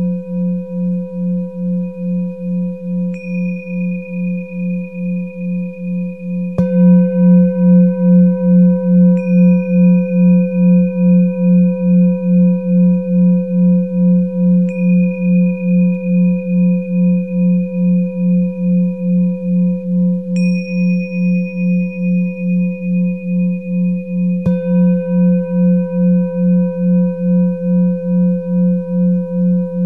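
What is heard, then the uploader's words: A steady, low humming tone holds for the whole stretch, with a slow, even wobble in loudness like a ringing bowl. Around six seconds it jumps louder and richer, and faint bright ticks and brief higher whistles appear every few seconds. 56.68 Hz.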